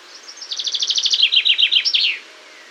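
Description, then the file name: Common chaffinch song, a rapid tumbling trill that drops in pitch in stages and ends with a crisp terminal flourish, with no other sounds. "Fringilla coelebs"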